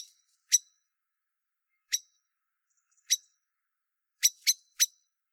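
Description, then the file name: Common blackbird calling with crisp, percussive chink notes, spaced a second or more apart, ending with a quick run of three. "Turdus merula"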